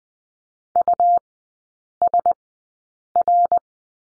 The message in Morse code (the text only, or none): USR